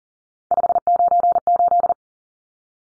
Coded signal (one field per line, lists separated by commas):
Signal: Morse code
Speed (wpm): 40 wpm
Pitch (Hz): 700 Hz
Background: none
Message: 598